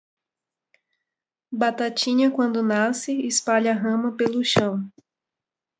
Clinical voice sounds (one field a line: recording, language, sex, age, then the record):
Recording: short text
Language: Brazilian Portuguese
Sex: female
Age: 30 to 39 years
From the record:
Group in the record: control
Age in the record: 32 years